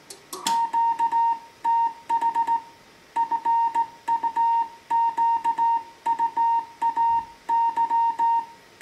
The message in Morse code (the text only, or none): QTH FUQUAY